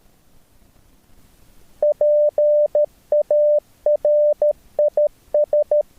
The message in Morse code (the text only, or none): PARIS